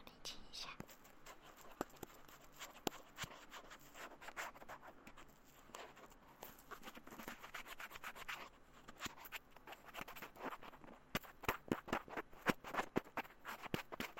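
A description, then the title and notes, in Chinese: Ear massage with a steady stream of soft rubbing and crackling, like foam pressed and squeezed against a microphone. Sharp scratchy clicks pop through constantly, growing denser and more pronounced after about eleven seconds, with a faint low hum underneath. ASMR×KU100。泡沫感耳朵按摩 | Ear Massage。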